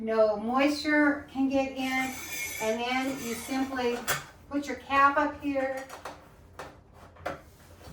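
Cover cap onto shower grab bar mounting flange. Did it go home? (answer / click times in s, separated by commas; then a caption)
yes / 7.3 s. Someone talks, then pushes a plastic cover cap over the mounting flange of a shower grab bar after sealing around the screws so no moisture can get in. Two short hits follow, at 6.6 s and a louder, sharper one at 7.3 s. The cap clicks on and seats at 7.3 s.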